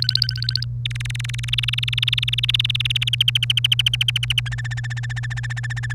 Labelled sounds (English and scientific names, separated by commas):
Domestic Canary (Serinus canaria) song